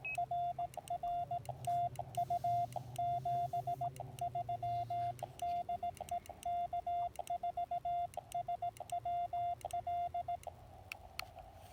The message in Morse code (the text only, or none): RR TU 73 DE K4SWL